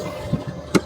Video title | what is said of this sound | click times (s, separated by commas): Is Cedar Point Fat Friendly? | So, we were able to get it to lock into place. | 0.8 s